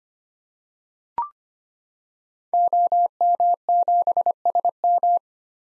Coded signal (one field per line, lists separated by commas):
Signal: Morse code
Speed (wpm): 25 wpm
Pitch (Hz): 700 Hz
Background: none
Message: OM7SM